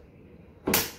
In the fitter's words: Yun po, nag-lock na po.